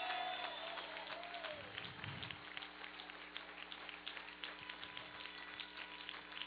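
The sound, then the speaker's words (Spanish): Thin, scattered applause from an audience, a loose patter of claps that never builds into a full ovation, with a low murmur and steady hum underneath. “Ese aplauso aguado, agárrelo para usted.”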